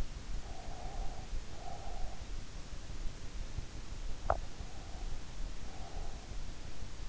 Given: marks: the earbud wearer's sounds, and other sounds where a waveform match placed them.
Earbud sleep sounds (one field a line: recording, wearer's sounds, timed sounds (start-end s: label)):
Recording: sounds in sleep by an in-ear microphone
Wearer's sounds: breath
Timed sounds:
0.37-2.70 s: breath
4.00-7.09 s: breath